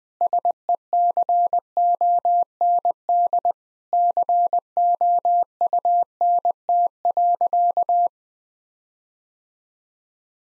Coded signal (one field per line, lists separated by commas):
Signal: Morse code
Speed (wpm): 20 wpm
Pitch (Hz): 700 Hz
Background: none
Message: SECOND COUNT.